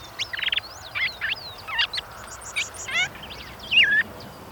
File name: suara angry bird red crested cardinal